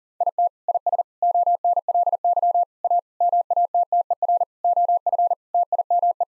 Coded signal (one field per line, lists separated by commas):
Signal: Morse code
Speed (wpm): 40 wpm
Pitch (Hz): 700 Hz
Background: none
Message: IT IS ONLY A MATTER OF TIME